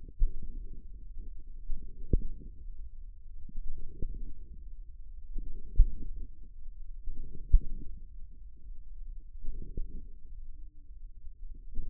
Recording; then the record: forearm muscle sounds (acoustic myography)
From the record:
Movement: wrist extension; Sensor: system 1, eight BSWA MPA416 microphones around the upper forearm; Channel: 8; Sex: male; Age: 54 years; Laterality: right